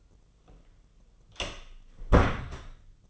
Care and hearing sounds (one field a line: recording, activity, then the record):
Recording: daily activity, microphone in the room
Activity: close door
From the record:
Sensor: 4